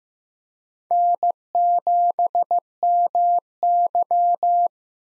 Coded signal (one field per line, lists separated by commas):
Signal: Morse code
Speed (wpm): 15 wpm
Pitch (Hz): 700 Hz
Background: none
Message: N7MY